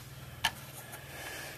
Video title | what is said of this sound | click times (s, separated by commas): Gunsmithing Disassembly: FN PS90 (Gunworks) | Push it until it clicks. | 0.4 s